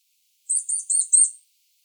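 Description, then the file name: Eurasian nuthatch giving a quick series of four high, sharp notes in about one second, against silence. "Sitta europaea"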